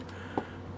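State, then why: Not seated. Plastic leg pieces are pushed into the body of a Legacy DragonZord toy robot figure during its transformation, giving two short plastic knocks at about 0.4 s and 0.8 s. The legs do not lock, so nothing has clicked into place.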